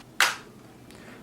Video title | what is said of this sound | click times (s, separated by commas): How To Customize A 1:18 Scale Model Car - Bburago Ferrari 488 GTB | okay so once you kind of hear that nice click go ahead and hold it upside down and just | 0.2 s